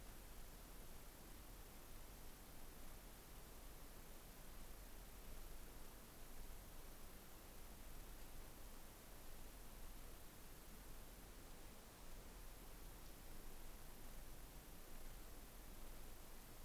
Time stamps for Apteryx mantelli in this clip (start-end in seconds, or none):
none